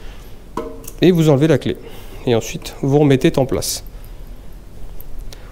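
A key in the closed fuel filler cap of a Triumph Bonneville Speedmaster 1200 motorcycle is turned to the right to lock it, giving a sharp mechanical click at 0.6 s. Someone talks afterward, with a few faint clicks later on. The fuel cap lock turns to locked.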